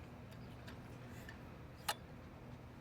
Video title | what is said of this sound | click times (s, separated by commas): Ligchine Topcon MMGPS 3D Single Point Set up | and we're going to lock that pin into place | 1.9 s